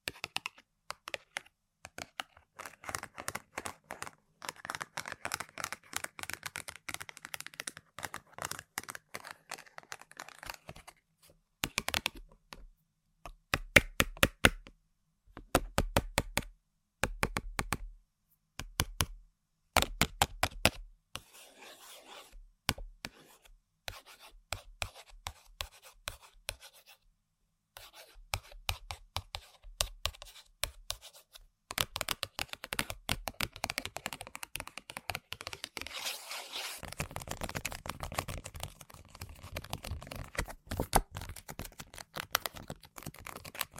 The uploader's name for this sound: ASMR Tapping & Scratching On Random Objects